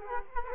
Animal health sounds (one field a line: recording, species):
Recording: mosquito wingbeat signal from an infrared sensor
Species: Culex quinquefasciatus